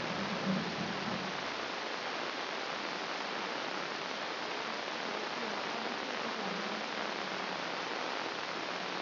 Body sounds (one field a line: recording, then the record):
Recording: brain microelectrode recording played as sound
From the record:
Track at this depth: outside the subthalamic nucleus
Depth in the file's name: 0.346 mm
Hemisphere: left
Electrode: 2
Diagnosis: Parkinson's disease